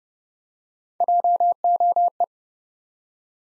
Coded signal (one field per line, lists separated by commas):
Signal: Morse code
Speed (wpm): 30 wpm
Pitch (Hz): 700 Hz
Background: none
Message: JOE